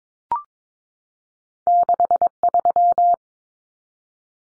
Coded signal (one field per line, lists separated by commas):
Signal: Morse code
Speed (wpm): 22 wpm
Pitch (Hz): 700 Hz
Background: none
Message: 63